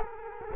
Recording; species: mosquito wingbeat signal from an infrared sensor; Culex quinquefasciatus